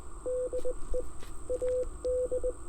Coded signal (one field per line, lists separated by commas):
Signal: Morse code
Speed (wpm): 18 wpm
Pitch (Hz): 500 Hz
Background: radio noise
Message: DE AD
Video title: Getting Indiana Activated with an 18 WPM CW POTA Activation at Beaver Bottom Lake (No bottoms seen)